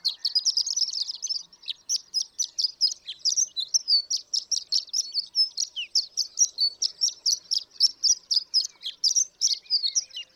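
Horned lark song, a continuous high jingle of quick chips and twitters, with one brief break near the start.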